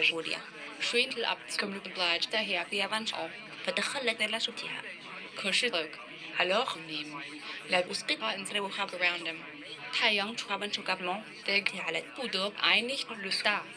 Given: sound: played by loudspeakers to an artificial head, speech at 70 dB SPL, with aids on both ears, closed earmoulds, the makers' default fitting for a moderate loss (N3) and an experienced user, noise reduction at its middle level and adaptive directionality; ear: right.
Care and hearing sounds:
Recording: speech test signal (ISTS) in cocktail-party noise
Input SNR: +6 dB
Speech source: on the right (90 degrees)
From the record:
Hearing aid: class 2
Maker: I

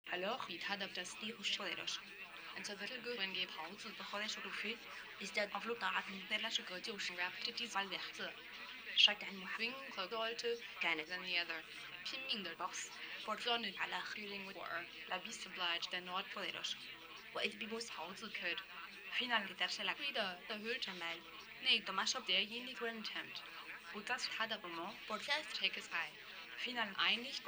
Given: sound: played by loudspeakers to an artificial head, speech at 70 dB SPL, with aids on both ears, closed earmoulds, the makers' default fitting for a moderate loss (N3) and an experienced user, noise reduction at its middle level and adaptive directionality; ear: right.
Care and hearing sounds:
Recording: speech test signal (ISTS) in cocktail-party noise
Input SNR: +6 dB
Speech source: on the right (90 degrees)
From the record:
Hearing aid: class 2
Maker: F

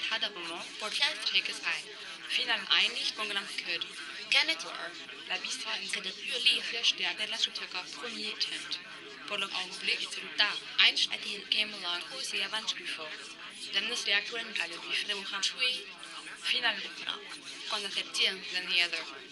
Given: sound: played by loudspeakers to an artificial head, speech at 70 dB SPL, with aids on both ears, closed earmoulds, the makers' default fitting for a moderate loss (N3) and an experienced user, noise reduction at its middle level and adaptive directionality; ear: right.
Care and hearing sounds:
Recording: speech test signal (ISTS) in cocktail-party noise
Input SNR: 0 dB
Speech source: on the right (90 degrees)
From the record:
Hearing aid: class 2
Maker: B

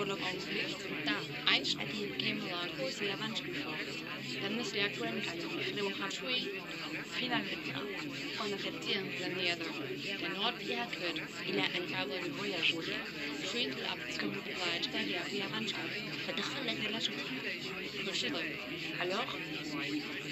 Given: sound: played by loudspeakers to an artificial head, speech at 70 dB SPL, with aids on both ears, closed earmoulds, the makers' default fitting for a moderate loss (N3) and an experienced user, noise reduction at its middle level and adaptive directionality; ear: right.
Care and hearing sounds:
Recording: speech test signal (ISTS) in cocktail-party noise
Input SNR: -3 dB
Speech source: in front (0 degrees)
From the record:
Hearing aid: class 1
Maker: D

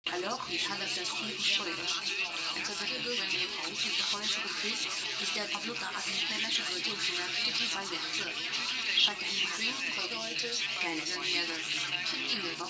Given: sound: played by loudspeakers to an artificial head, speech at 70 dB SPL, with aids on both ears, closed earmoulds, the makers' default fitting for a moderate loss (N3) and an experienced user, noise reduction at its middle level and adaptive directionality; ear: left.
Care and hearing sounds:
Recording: speech test signal (ISTS) in cocktail-party noise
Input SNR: +3 dB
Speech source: on the right (90 degrees)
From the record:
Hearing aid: class 1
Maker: A

